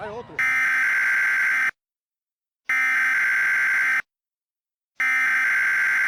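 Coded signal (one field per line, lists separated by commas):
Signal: Emergency Alert System (SAME) tones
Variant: header bursts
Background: speech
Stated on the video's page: Fictional mock EAS alert, voiced, with Creative Commons sound effects; not a real broadcast.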